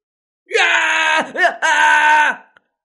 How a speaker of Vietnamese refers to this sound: Đầu đớn đến mức làm cho gã không thể chịu được, kêu to thảm thiết, mồ hôi lạnh trên người tuôn ra như suối.